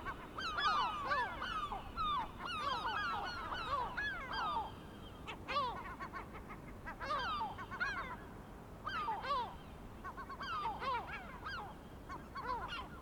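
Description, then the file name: Gulls calling in a noisy flock, many overlapping harsh downslurred cries, nearly continuous throughout. Several gulls, recorded 23 May 2004. "Mouettes 040523"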